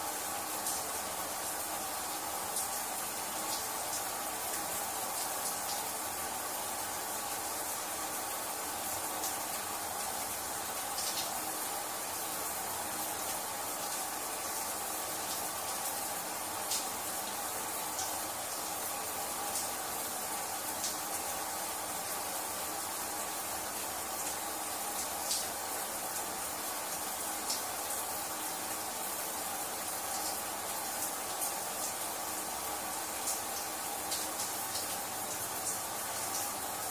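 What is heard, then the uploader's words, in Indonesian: Water from a shower runs in a steady, dense hiss that holds at one level throughout, sitting mostly in the bright upper range with a thinner low rumble underneath. Small clicks and splashes pop out irregularly every few seconds. Suara shower air.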